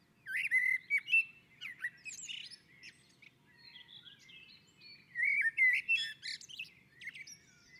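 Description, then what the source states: Common blackbird singing two melodious, flute-like phrases. Each trails into high, thin chattering notes, with a quiet gap between them. Bird singing on a roof.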